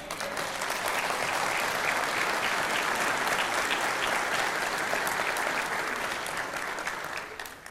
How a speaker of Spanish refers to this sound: Dios merece un aplauso, ¿cierto?